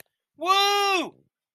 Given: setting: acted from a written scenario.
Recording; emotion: vocal sound without words; triumph